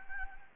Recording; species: mosquito wingbeat signal from an infrared sensor; Anopheles gambiae